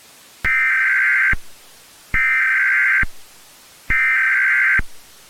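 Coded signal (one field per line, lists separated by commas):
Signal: Emergency Alert System (SAME) tones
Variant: header bursts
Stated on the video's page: Fictional EAS scenario, an analog horror recreation with loud tones.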